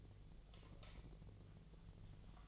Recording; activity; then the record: daily activity, microphone in the room; light off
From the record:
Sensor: 4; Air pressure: 1010.7 hPa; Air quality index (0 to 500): 175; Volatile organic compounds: 5 ppm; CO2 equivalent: 1776 ppm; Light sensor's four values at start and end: 36/106/42/42 and 36/105/41/42